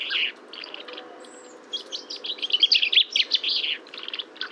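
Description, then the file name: Common chaffinch song: a few short notes, then a run of crisp high notes into a trill with a closing flourish. "Fringilla coelebs"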